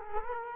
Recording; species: mosquito wingbeat signal from an infrared sensor; Culex quinquefasciatus